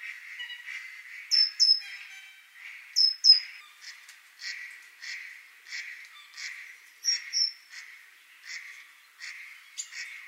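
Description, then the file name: Great tit calls: steady buzzy churring notes repeated in a regular series, broken by pairs of thin high whistled notes. "Parus major"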